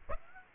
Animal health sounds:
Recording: mosquito wingbeat signal from an infrared sensor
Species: Aedes aegypti

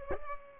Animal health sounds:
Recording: mosquito wingbeat signal from an infrared sensor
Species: Culex pipiens

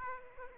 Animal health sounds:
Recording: mosquito wingbeat signal from an infrared sensor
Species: Aedes aegypti

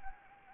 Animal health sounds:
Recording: mosquito wingbeat signal from an infrared sensor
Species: Anopheles gambiae

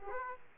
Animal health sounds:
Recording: mosquito wingbeat signal from an infrared sensor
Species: Aedes aegypti

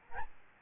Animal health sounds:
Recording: mosquito wingbeat signal from an infrared sensor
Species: Aedes albopictus

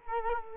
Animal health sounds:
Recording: mosquito wingbeat signal from an infrared sensor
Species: Culex quinquefasciatus

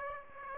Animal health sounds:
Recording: mosquito wingbeat signal from an infrared sensor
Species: Aedes aegypti

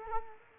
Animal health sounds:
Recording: mosquito wingbeat signal from an infrared sensor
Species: Culex quinquefasciatus

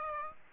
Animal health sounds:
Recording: mosquito wingbeat signal from an infrared sensor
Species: Aedes aegypti

